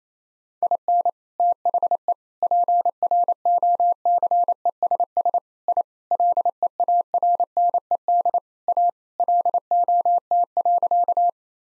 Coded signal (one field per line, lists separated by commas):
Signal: Morse code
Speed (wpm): 28 wpm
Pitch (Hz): 700 Hz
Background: none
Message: IN THE PROCESS I LEARNED A LOT.